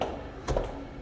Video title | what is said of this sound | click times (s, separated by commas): NEW Volkswagen 2022 Tiguan Dusk Blue Walkaround | Right? It clicks. | 0.0 s, 0.5 s, 0.6 s